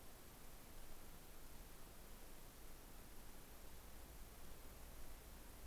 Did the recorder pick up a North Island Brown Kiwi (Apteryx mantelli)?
no